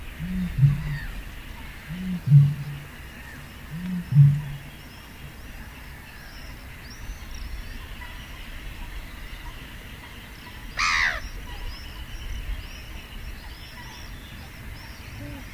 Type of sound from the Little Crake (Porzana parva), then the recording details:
call. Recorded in the wild. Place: Kützerhof, Kummerower See, Mecklenburg-Vorpommern, DE. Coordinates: 53.8583, 12.85. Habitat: wetland. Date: 2009-05-27 21:34. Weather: heiter, schwacher Wind aus West, ca. 15°C. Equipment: Sound Devices 702, Sennheiser MKH 70, Rycote Windschutz. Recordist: Frommolt, Karl-Heinz